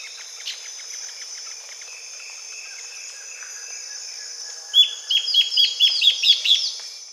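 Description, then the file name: Bird bursting into a fast string of about ten sharp chips near the end after quiet faint notes, with a steady high-pitched buzz throughout. "SABIOD 50 bird 2015"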